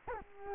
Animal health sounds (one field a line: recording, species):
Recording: mosquito wingbeat signal from an infrared sensor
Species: Culex quinquefasciatus